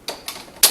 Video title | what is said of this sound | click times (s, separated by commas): How To Change Out A Banner Stand | you pry that open you'll hear it snap and then you can slide out your print | 0.6 s